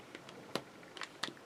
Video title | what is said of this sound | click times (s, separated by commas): Fireplace Set 1:12 scale (CoolKatzCraft Ltd) - how to assembly tutorial | you hear a little click there's usually two there may be one there's never more than two | 0.6 s, 1.2 s